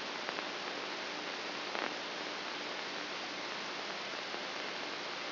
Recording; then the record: brain microelectrode recording played as sound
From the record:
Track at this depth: inside the subthalamic nucleus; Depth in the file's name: 0.827 mm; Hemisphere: left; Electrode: 3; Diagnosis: Parkinson's disease